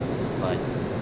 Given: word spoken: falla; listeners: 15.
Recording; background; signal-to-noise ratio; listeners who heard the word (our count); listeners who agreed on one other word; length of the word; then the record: one Spanish word in noise, from a listening test; speech-shaped noise; -6.0 dB; 1 of 15; 7 of 15; 0.62 s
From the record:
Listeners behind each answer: 7, 2, 1, 1, 1, 1, 1, 1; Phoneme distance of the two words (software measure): 10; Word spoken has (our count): 2 syllables, 4 phonemes, stress on syllable 1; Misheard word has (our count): 2 syllables, 4 phonemes, stress on syllable 1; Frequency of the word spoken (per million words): 17.18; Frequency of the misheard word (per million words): 21.73